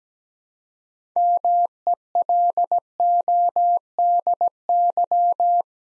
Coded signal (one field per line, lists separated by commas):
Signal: Morse code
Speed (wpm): 17 wpm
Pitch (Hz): 700 Hz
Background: none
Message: MELODY